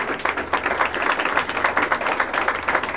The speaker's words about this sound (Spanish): Fuerte el aplauso a él, si va a aplaudir.